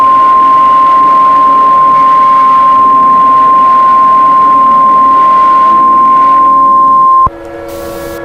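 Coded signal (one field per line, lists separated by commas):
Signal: Emergency Alert System (SAME) tones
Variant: 1050 Hz attention tone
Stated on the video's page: Fictional Emergency Alert System scenario about Godzilla; simulated alert.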